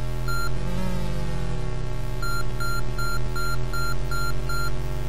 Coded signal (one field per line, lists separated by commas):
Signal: none